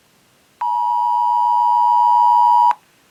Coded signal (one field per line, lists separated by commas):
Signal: Emergency Alert System (SAME) tones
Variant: 853 and 960 Hz attention tone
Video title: This is THE Maryland. | EAS #15-19 | Required Monthly Test (RMT) | May 27th, 2026